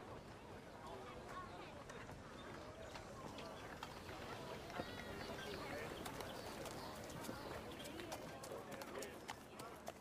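A steady murmur of distant chatter fills a quiet medieval town, with occasional bird calls and sharp clicks and taps scattered throughout.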